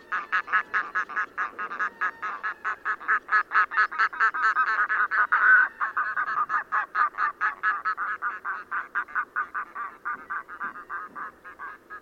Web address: chant xeno-canto plongeon catmarin